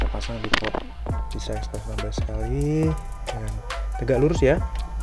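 Someone talks over background music while a SAPPHIRE PULSE Radeon RX 550 4GB OC GDDR5 128-bit graphics card is handled, about to be pushed straight down into a PCI Express x16 slot on the motherboard. Nothing has seated or clicked yet, and the slot's retention latch has not locked.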